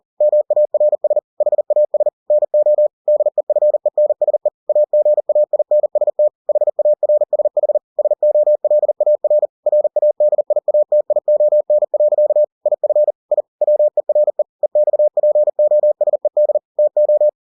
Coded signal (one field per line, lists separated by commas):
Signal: Morse code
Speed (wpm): 40 wpm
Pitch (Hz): 600 Hz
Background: none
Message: MARS HAS NO DEFENSE AGAINST HARSH SOLAR RADIATION. IF I WERE EXPOSED TO